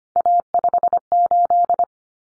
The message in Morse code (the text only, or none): A58